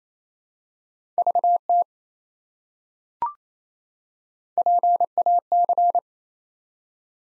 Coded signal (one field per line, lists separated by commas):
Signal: Morse code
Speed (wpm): 29 wpm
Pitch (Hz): 700 Hz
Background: none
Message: VT PAC